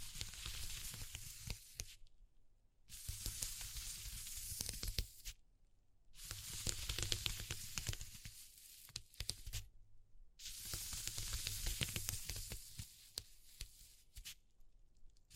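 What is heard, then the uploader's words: Crisp, sizzling texture sounds, rubbed or scratched in bursts of a few seconds, broken by brief silences near 2, 5.5 and 10 seconds. ASMR Exploring Textures (No Talking).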